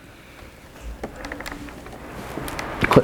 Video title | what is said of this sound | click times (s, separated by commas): MANDATORY HOW TO BUILD A PC VIDEO!!! - RYZEN BUILD - Rabid Bits | click there same | 2.8 s